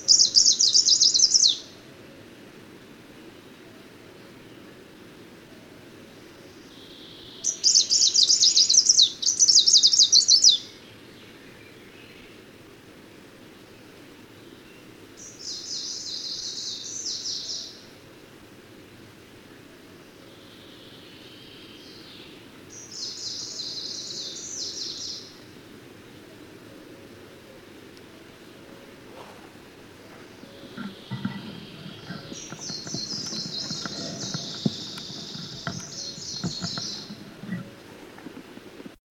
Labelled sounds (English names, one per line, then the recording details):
Greenish Warbler song
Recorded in the wild
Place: Sassnitz, Insel Rügen, Mecklenburg-Vorpommern, DE
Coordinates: 54.565, 13.615
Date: 1978-06-16
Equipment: Nagra III BH, Sennheiser MD 21, parabola
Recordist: Schubert, Michael
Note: Spontangesang Grüner Laubsänge